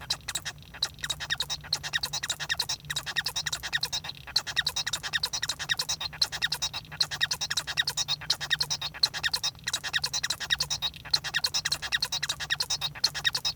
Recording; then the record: song of a male Bengalese finch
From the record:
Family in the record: son of father 1